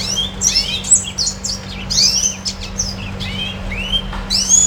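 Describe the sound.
Red siskin song of sweeping high whistles and chattering chirps in quick succession, accompanied by a faint steady low hum.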